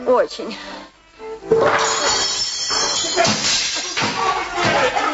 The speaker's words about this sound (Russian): Да черт, этой рыбы, вы меня там всю посуду перебьете!